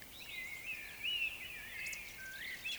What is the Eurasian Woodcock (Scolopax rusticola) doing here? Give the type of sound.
whistle, croak